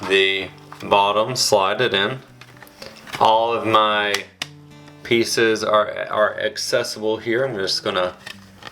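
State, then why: Not seated. Someone talks while sliding the bottom piece of a JSAUX plastic split grip case onto a Nintendo Switch 2 handheld game console, with light handling ticks around 2.4 to 2.8 s. The grip case half is being fitted, but nothing has seated or clicked into place yet.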